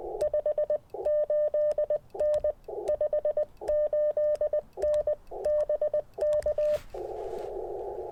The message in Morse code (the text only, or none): 58N 58N BK